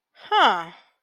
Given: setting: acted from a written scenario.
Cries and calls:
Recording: vocal sound without words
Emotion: confusion

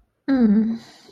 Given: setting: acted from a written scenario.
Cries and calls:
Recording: vocal sound without words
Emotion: sympathy

